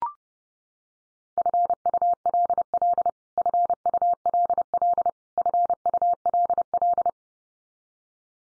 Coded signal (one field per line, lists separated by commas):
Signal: Morse code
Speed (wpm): 30 wpm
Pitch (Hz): 700 Hz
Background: none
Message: FULL FULL FULL